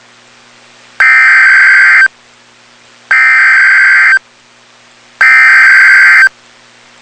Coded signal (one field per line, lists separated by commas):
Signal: Emergency Alert System (SAME) tones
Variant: header bursts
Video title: Tornado Warning (EAS #360)